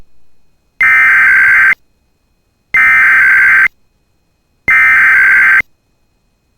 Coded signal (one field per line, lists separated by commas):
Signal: Emergency Alert System (SAME) tones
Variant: header bursts